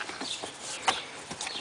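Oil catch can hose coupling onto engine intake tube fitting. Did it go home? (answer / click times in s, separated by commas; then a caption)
no / none. A JLT oil separator catch can's PCV hose, fitted with a plastic quick-connect coupling, is lined up with the intake tube fitting on a Ford Mustang engine and handled as it is pushed toward home. Soft scattered handling taps and rustles are heard, with the sharpest tap near 0.9 s. Nothing has seated or clicked yet.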